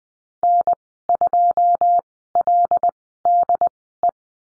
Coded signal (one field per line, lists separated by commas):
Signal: Morse code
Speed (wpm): 20 wpm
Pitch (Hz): 700 Hz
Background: none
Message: N2LDE